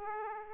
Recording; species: mosquito wingbeat signal from an infrared sensor; Aedes aegypti